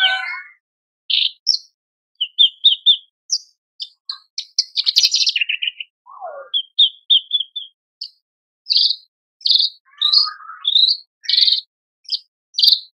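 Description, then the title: Horsfield's bush lark song: a varied sequence of chirps, buzzy trills and a low descending slur, with repeated sharp high notes in quick series. Very vocal, singing prolifically; masteran recording for training cage birds. "KICAUAN BRANJANGAN GACOR"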